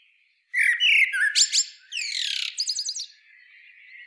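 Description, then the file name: Common blackbird song phrase: a low fluted warble leading into a rapid, squeaky, high twitter with repeated trilled notes, then soft background chirps. "Turdus merula"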